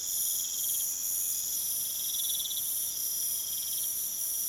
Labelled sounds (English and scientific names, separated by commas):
none